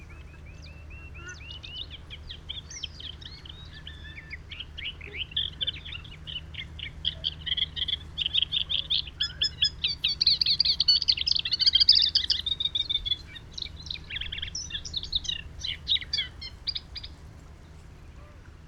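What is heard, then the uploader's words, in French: Marshland birds sing almost without pause, a dense tangle of chirps, trills and quick repeated notes in the upper range, busiest and loudest from about ten to thirteen seconds. A steady low hum runs underneath throughout, and the chorus thins out near the end. SCAMANDRE EN FEVRIER. Etangs de Scamandre - Nagra seven - Telinga P7 - B&K omni. Le vaste étang de Scamandre en Camargue gardoise où j'ai passé la nuit du 20 au 21 février.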